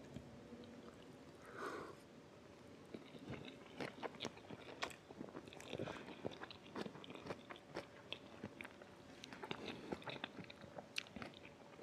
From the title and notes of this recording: Eats eggs over fried rice. Eating Fried Rice.